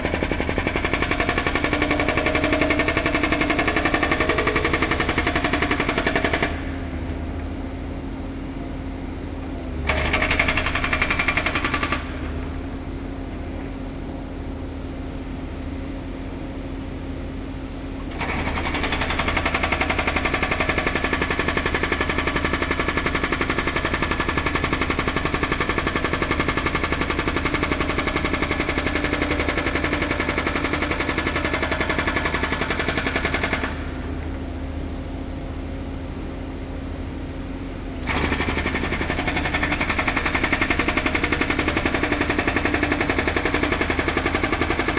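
Public roadworks: a dense, hammering clatter like a pneumatic drill pounds away, steady and rapid. It cuts out a few times, around 7, 12 and 34 seconds, leaving only a lower engine rumble for several seconds before resuming.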